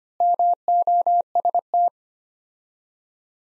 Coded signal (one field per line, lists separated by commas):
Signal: Morse code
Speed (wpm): 25 wpm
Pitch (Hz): 700 Hz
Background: none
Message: MOST